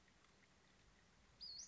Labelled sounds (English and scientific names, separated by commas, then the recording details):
Western Flycatcher (Empidonax difficilis)
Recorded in Sonoma County, California